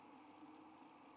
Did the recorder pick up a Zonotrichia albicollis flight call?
no